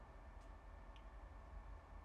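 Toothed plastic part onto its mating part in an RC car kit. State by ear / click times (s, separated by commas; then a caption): not seated / none. A toothed plastic part is wiggled and turned against its mating part in an HPI Venture SBK RC car kit, with only faint soft handling ticks over a steady low background hum. Nothing has seated or clicked yet.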